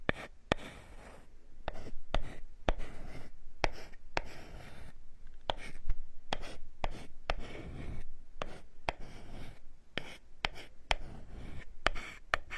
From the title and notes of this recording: Come to the carpenter's workshop, all kinds of wood massage the scalp layer by layer for ultimate relaxation.